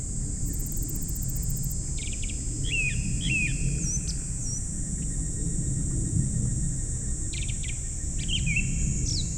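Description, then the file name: Japanese thrush song: two bursts of quick twisting whistled notes separated by a long pause, alongside brief high trills and a constant insect buzz. Recorded 19 July 2015, 19:19. "kurotugumi"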